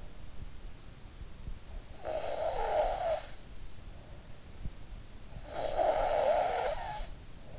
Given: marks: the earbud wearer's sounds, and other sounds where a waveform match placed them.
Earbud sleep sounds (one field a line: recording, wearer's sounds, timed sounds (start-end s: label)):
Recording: sounds in sleep by an in-ear microphone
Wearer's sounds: snoring breath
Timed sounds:
1.42-3.87 s: snoring breath
5.19-7.59 s: snoring breath